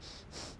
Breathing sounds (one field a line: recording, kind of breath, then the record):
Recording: one breath in and out by a microphone near the nose and mouth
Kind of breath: strong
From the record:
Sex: male